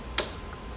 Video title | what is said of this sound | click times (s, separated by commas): Cadillac ATS-V Fuel Upgrades: PT. 2 Autotech HPFP internals and DSX flex sensor | There you go. Kind of a clunk, more or less, actually. | 0.2 s